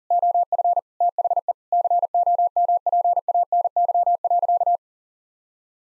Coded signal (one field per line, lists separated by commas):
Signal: Morse code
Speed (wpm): 37 wpm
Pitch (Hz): 700 Hz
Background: none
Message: OF THE COMPANY.